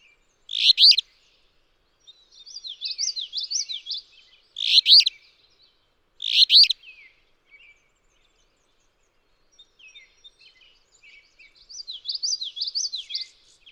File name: Alder Flycatcher